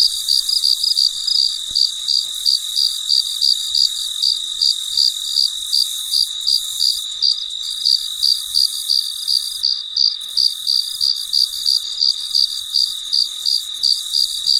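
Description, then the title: Cricket chirping in a steady rhythm of quick high pulses, nearly three a second, with an unbroken high buzz underneath. Recorded late at night in quiet surroundings. "深夜录制蟋蟀昆虫声"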